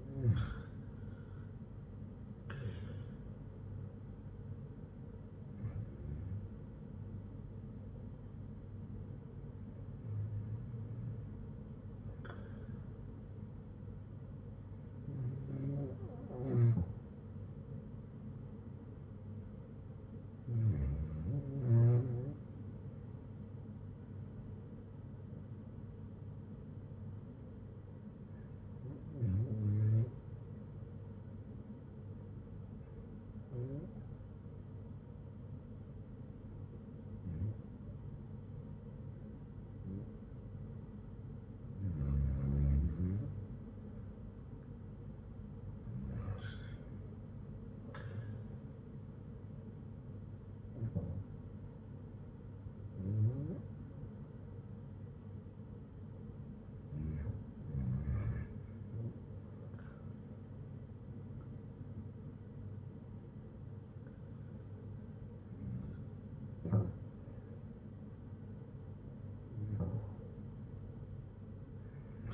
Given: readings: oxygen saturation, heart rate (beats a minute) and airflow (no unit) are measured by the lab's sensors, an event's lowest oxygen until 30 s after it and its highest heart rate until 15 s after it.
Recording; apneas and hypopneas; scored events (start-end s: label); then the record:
breathing in sleep by a smartphone at the bedside; 1
36.00-56.30 s: hypopnea (REM, oxygen 95% highest, then 91% lowest, heart rate 59 at the start, 64 highest)
From the record:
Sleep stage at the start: REM sleep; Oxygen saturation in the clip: 93 to 95%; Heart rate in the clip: 58 to 64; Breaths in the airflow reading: 17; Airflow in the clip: -5.5 to 7.5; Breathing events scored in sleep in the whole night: 182 in 7.4 hours asleep